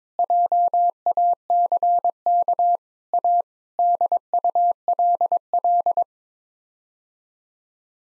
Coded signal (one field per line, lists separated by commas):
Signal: Morse code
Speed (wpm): 22 wpm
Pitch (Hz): 700 Hz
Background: none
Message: JACK A DULL